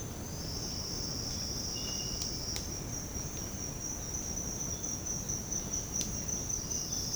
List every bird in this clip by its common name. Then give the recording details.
none. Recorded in secondary vegetation near Puerto Asís, Putumayo, Colombia, on 19 February 2024 at 07:30. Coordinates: 0.468, -76.324. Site G6381